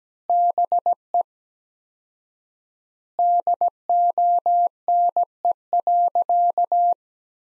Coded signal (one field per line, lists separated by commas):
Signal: Morse code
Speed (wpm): 17 wpm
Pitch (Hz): 700 Hz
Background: none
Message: BE DONE.